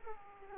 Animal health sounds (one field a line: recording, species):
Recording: mosquito wingbeat signal from an infrared sensor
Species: Aedes aegypti